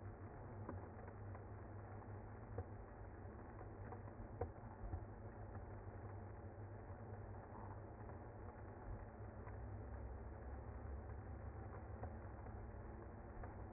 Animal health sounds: honeybee colony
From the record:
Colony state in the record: active

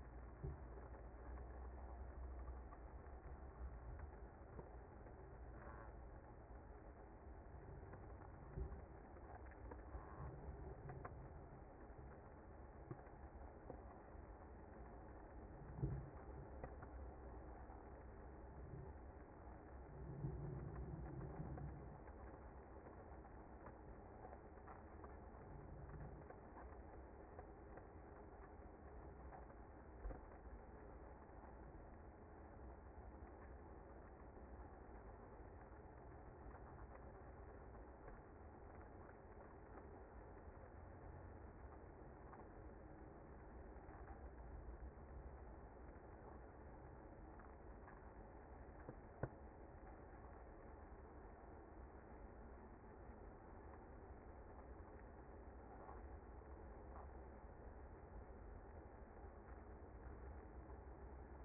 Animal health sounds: honeybee colony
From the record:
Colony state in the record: active

